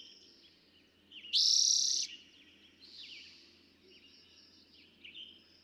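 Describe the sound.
One strong, buzzy Eastern towhee trill, with softer chirps and slurred notes around it against a faint hum.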